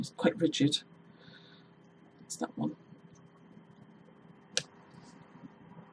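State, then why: Released. A plastic peg is pulled out of a pegboard hole with a sharp snap at 4.6 seconds, releasing it from the board. Someone talks briefly at the start and again around 2.5 seconds, and between the voice and the snap there is only a low steady hum.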